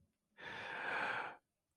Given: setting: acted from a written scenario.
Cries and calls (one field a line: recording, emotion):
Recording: vocal sound without words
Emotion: romantic love